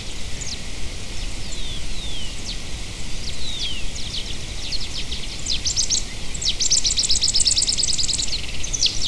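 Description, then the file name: Bird calls: scattered thin downslurred whistles and chirps, then bursts of a rapid high trill in the last few seconds. "SABIOD 50 bird 2015"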